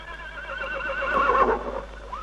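A horse standing beside a wagon whinnies in one long, wavering call, its pitch shaking up and down before it trails off, loud and clear with no voices present.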